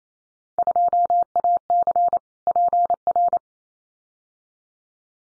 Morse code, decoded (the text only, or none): 2AC PR